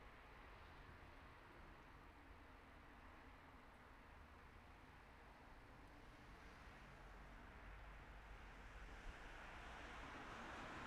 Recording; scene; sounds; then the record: everyday scene through a hearing-aid microphone; in traffic; traffic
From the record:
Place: city secondary road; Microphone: behind the ear, right, rear